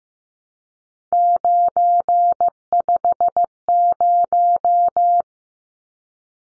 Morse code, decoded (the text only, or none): 950